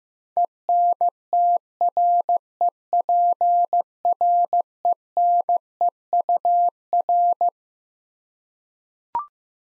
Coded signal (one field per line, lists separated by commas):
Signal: Morse code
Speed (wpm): 15 wpm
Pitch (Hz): 700 Hz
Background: none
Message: ENTREPRENEUR